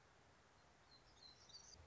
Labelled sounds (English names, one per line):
Song Sparrow